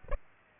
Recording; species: mosquito wingbeat signal from an infrared sensor; Aedes aegypti